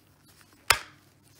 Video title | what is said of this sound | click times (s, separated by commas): How To Clean Filter Of Tzumi IonVac Cordless Handheld Vacuum | you hear it click there it goes fell right into the trash | 0.7 s